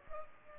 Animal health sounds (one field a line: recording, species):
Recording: mosquito wingbeat signal from an infrared sensor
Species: Culex pipiens